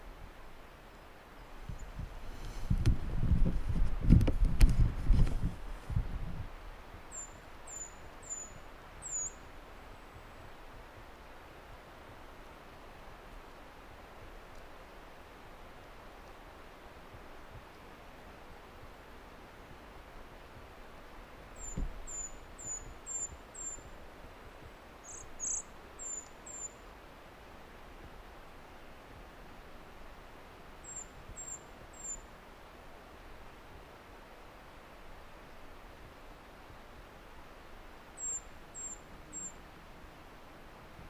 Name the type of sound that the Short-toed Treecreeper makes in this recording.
call